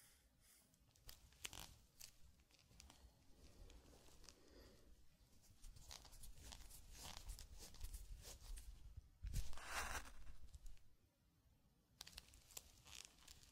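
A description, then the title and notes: Irregular crinkling, brushing and tapping in a zen garden set, sharp clicks scattered throughout and a louder scraping burst near ten seconds. Zen Garden - Sand Crinkle Brushing Tapping Cup Sounds. NO TALKING.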